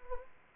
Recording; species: mosquito wingbeat signal from an infrared sensor; Anopheles gambiae